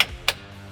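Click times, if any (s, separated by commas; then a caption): 0.0 s, 0.3 s. A light bar rocker switch, with its plug already attached, is pushed into the factory switch opening in a plastic dash panel. Two sharp clicks sound at 0.0 s and 0.3 s as its retaining clips snap in over music playing underneath. The switch locks into place, seated.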